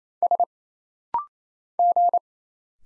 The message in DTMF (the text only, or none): none